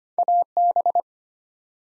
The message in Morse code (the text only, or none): AB